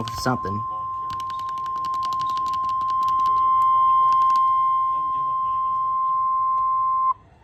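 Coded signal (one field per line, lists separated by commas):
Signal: Emergency Alert System (SAME) tones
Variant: 1050 Hz attention tone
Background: speech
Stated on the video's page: Real emergency alerts received from NOAA weather radio stations and FM and AM broadcast stations.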